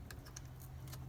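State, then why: Not seated. A wiring harness connector is handled near a Jeep door's power window regulator circuit while the door is being reassembled, with faint light ticks and rattles over a steady low hum. Nothing has seated or clicked yet.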